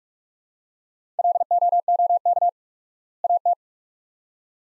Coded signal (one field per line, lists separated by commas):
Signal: Morse code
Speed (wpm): 42 wpm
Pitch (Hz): 700 Hz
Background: none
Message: LOOK AT